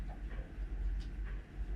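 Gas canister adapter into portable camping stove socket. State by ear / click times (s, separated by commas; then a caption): not seated / none. A gas canister with its screwed-on adapter is pushed into the socket of an Awroutdoor 3500W portable windproof camping gas stove and lined up before the twist-lock. Only a steady low rumble and faint handling sounds are heard, with no distinct click. Nothing has seated or clicked yet.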